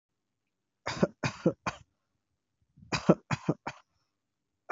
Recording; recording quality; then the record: shallow voluntary cough; excellent, no background noise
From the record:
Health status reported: healthy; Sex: male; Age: 20 years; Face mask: not worn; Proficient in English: yes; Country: India